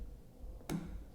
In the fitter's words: snap into place like so